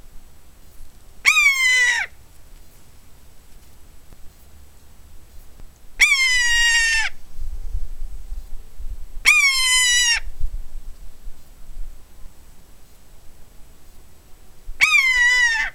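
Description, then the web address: Common buzzard mewing calls, four drawn-out descending harmonic screams spaced several seconds apart, with low rumbling background noise. "rapaci diurni verso poiana comune buteo buteo common buzzard"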